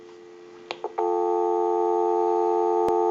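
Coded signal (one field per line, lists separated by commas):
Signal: telephone call progress tone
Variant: North America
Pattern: dial tone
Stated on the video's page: Call progress tone heard on a rotary dial desk telephone during checkout and repair.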